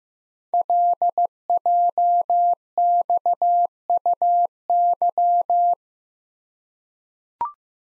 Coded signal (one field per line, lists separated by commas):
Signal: Morse code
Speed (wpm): 15 wpm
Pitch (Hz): 700 Hz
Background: none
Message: LJXUY